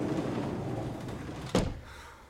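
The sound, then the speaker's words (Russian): A man closes a sliding door in a kitchen; it rumbles along its track for over a second, then shuts with a single solid thud that quickly fades into quiet. “Джулиан закрывает раздвижную дверь и оборачивается к Шону.”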